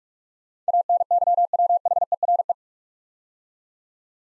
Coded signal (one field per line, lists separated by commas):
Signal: Morse code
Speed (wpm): 44 wpm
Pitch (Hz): 700 Hz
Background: none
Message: ANYWHERE